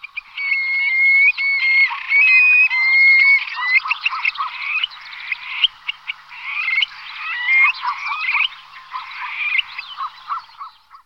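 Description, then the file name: Eurasian stone-curlew calls: a busy run of shrill whistled notes and rising wails, overlapping and chattering rapidly, thinning toward the end. "dytík-úhorní"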